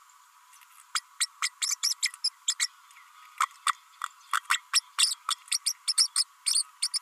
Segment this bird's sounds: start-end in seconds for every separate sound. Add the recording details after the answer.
0.94-1.01, 1.20-1.26, 1.42-1.49, 1.61-1.75, 1.83-1.94, 2.02-2.10, 2.24-2.29, 2.47-2.54, 2.59-2.68, 3.40-3.46, 3.66-3.73, 4.33-4.41, 4.50-4.61, 4.73-4.80, 4.98-5.14, 5.30-5.35, 5.65-5.74, 5.87-5.93, 5.97-6.07, 6.16-6.24, 6.46-6.63, 6.82-6.88, 6.93-6.99. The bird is a female. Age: 32 days. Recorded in a nest box in Venezuela. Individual 17B32A5